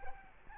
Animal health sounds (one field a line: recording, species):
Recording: mosquito wingbeat signal from an infrared sensor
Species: Aedes albopictus